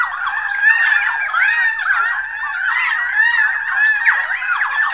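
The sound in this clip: Many birds twittering at once, a continuous tangle of shrill, bending notes with no single voice standing out.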